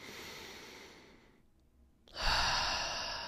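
A soft airy breath, a pause, then a loud deliberate deep breath drawn in by an adult during a breathing exercise.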